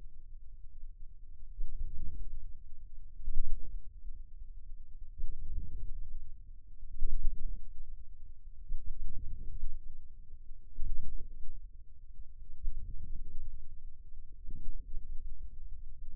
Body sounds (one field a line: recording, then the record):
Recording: forearm muscle sounds (acoustic myography)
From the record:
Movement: outward rotation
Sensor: system 2, bracelet of six BSWA MPA416 microphones around the upper forearm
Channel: 2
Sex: male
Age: 22 years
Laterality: right